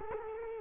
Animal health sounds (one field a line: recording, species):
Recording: mosquito wingbeat signal from an infrared sensor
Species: Culex quinquefasciatus